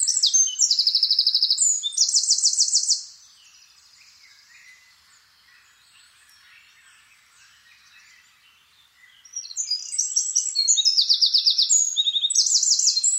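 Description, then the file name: Eurasian wren song in two loud bouts of fast, shrill trilling, separated by a quiet gap of several seconds. "Troglodytes troglodytes"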